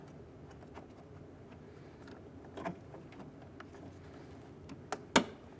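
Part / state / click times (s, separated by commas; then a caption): rear interior door handle into the door / seated / 4.9 s, 5.2 s. A new rear interior door handle for a 1999–2004 Jeep Grand Cherokee is pressed into the rear door's interior. Faint handling rustles are followed by two sharp snaps at 4.9 s and 5.2 s, the second the loudest. The handle snaps into place and is seated.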